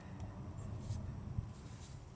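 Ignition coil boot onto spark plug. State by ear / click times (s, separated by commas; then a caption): not seated / none. The ignition coil boot for cylinder 2 of a 2002-2006 MINI Cooper S (R53) is inspected and handled before being pushed down onto the spark plug, giving a low steady rumble with faint handling rustles and a soft brief tap near 1.4 s. Nothing has seated or clicked yet.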